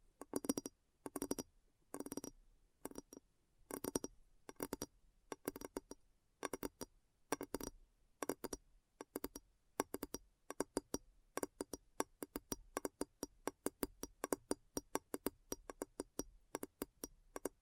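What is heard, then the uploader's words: ASMR tapping: sharp, bright taps with a glassy click, separated by near-silence. Early on they come in small clusters with pauses, and after about ten seconds they turn quicker and denser, landing in rapid, fairly regular runs until the end. ASMR Addictive Tapping. (No Talking).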